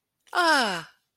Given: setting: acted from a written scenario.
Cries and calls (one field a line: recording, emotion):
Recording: vocal sound without words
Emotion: pride